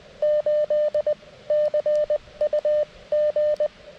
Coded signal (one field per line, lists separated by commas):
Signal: Morse code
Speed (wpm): 17 wpm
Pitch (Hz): 600 Hz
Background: none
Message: 8 CUG